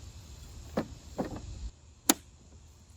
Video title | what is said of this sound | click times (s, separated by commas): Yarbo Lawn Mower - An Intelligent Robot to Take Care of All Your Yard Care Needs | You hear it snap into place, and you just line this up and it snaps right in. | 2.1 s